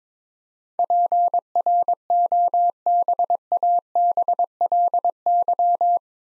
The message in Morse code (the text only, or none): PROBABLY